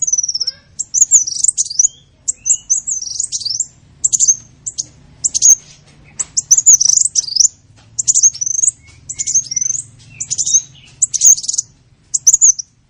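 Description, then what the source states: Sunbird song: high, thin whistled phrases with quick up-and-down sweeps, delivered in many separate short bursts. Singing in full song (gacor), with phrases copied from the cililin and the canary.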